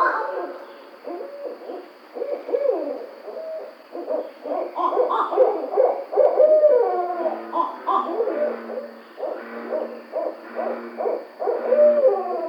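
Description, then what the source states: Barred owl hooting, rapid hoots and cackling calls in a dense, excited series throughout. Recorded 2009-06-05.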